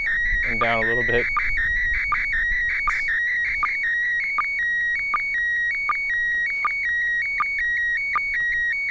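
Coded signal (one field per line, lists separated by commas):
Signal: SSTV (slow-scan television)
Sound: warbling, chirpy tone shifting rapidly in pitch, with short regular low blips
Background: brief talking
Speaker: volume up and down a little bit one minute 30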